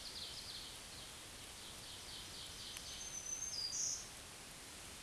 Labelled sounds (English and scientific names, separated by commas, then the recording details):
Black-throated Green Warbler (Setophaga virens) song
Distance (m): 10 m
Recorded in a Pennsylvania forest on 1 June 2023 at 08:50
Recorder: AudioMoth, point grid3_31_low
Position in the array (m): 131 m, 106 m